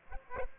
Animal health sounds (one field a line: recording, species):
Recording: mosquito wingbeat signal from an infrared sensor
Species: Aedes aegypti